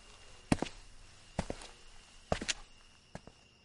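Footsteps walk into a county magistrate's office at a steady, unhurried pace, each step a sharp heel strike followed by a softer scuff, about seven steps in all over a faint background hum, with no talking.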